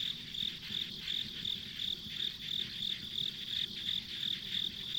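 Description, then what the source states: Insects: rhythmic high chirps, about three per second, over a constant high drone and soft low noise. Ambient insect sounds on a rural country road.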